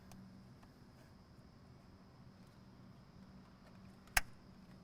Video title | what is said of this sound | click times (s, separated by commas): S&B Cold Air Intake Installation Video for the 2020-25 Ford Explorer ST, Lincoln Aviator 3.0L | push down until you hear the click | 4.2 s